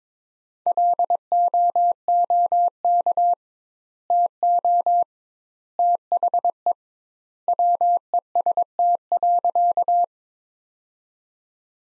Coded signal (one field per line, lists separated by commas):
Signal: Morse code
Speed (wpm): 22 wpm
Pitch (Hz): 700 Hz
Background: none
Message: LOOK TO THE WEST.